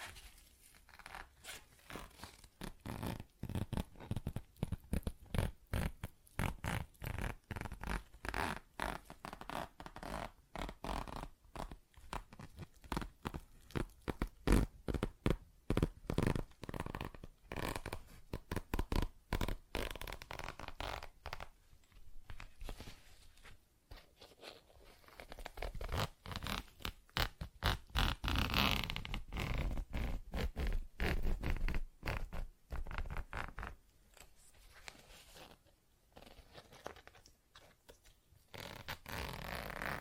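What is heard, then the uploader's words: Dense tapping, scratching and zipper-like rasps pile up in quick irregular bursts throughout, dry and bright. ASMR Tapping, Scratching & Zipper Sounds (No Talking).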